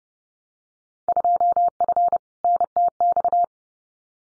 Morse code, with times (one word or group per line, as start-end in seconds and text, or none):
1.1-2.2 2F
2.4-3.4 NTX